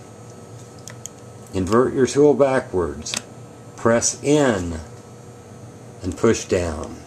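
Someone talks while reassembling a Motorola XTS3000 Model III radio after checking for an encryption board, pressing in with a tool held backwards and pushing down to close the chassis into its plastic housing case. Two brief ticks come at about 0.9 and 1.1 s. Nothing has seated or clicked yet, and the case latch has not engaged by the end.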